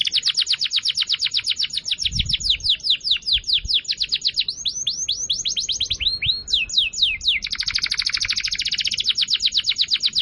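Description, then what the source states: Atlantic canary delivering a long song of rapid repeated downslurred whistles that vary in pace, shifting into a denser fast trill near the end. Canary song used as a lure to attract birds.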